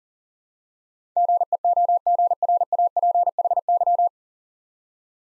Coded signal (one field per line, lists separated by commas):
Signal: Morse code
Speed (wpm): 43 wpm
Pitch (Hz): 700 Hz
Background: none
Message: GEOGRAPHY